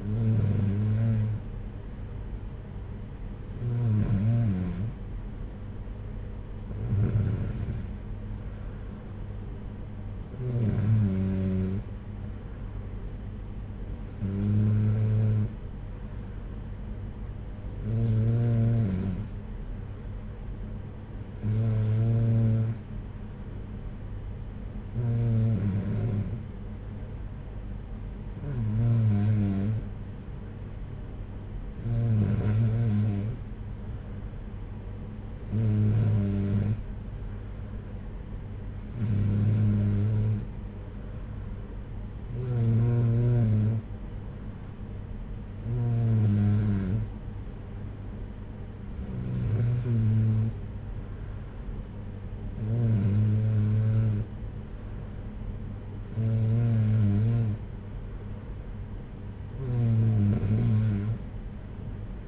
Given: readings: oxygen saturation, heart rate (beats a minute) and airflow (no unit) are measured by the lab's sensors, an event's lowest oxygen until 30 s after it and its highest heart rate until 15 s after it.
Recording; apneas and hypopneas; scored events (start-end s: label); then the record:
breathing in sleep by a smartphone at the bedside; none
none scored
From the record:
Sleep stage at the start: N3 (deep sleep); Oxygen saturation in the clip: 93 to 94%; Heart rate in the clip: 59 to 64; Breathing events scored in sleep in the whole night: 226 in 8.8 hours asleep